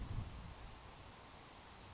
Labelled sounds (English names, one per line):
Grasshopper Sparrow